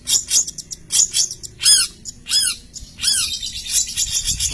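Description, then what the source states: Long-tailed shrike song with harsh squawks and buzzy notes mixed with descending slurred whistles, delivered in uneven bursts. Champion songbird.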